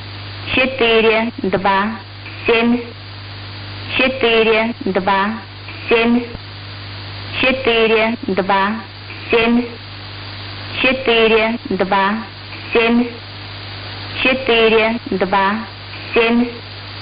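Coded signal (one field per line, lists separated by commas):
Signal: numbers station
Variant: S06s Russian Lady, Russian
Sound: female voice reading short evenly spaced words, about one per second, over low hum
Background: radio static and hum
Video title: 25 01 2022 Number station S06s Russian Lady in Russian to Eu 0730 on 7410 unknown tx site in CUSB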